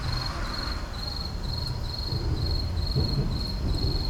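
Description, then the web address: Insects chirping, a high trill broken into short regular bursts, over low rumbling noise. Insects at night in an urban park. "boom library Urban and Suburban Urban park night insects"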